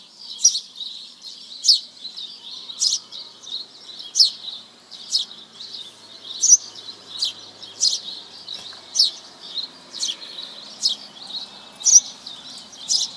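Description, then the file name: House sparrow repeating a sharp chirp about every second, around eleven loud notes in a fairly even rhythm, with quieter chatter between them. "Passer domesticus"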